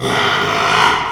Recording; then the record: squeal of a Yucatan mini pig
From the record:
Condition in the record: after surgery on the right vocal fold (resection and tissue-engineered implant); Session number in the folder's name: 1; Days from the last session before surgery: 6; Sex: male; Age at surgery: 12 weeks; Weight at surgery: 13 kg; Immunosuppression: cyclosporine, prednisolone